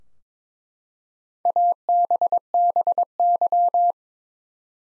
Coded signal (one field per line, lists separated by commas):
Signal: Morse code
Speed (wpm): 22 wpm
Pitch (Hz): 700 Hz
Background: none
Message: ABBY